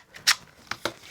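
The plastic or metal cover of an external drive enclosure is popped back on after the drive has been clicked into place inside, before the screw is refitted. A brief loud burst near 0.3 s is followed by two sharp snaps at 0.7 s and 0.9 s as the cover seats.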